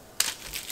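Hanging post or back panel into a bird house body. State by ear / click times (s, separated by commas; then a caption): seated / 0.2 s. A part of a small clear-backed bird house, either its hanging post or back panel, is pushed into the plastic/wood body during unboxing. A sharp snap at 0.2 s, followed by a fainter rustle around 0.56 s, marks the part locking into place.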